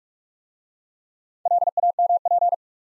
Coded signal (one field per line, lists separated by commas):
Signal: Morse code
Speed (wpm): 44 wpm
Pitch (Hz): 700 Hz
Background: none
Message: LAMP